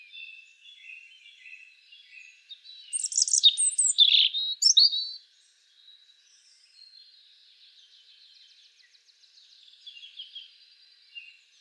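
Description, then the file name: European robin song: a loud, shrill burst of high tumbling notes, framed by soft, thin warbling before and after. "Erithacus rubecula"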